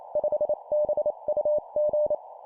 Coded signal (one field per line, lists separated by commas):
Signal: Morse code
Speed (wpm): 28 wpm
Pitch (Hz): 600 Hz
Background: none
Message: 5BUG